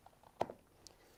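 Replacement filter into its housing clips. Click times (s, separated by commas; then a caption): 0.4 s. A new replacement filter is fitted into the clips of its plastic housing and snaps into place, seated, with a sharp click at 0.4 s. A softer tick follows at 0.5 s, and a brief high-pitched tick comes at 0.9 s, with a faint tap near 0.1 s against a quiet background.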